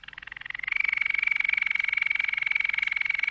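Canary song: one rapid, even trill held on a steady high pitch, building in loudness over the first second and then running on unbroken.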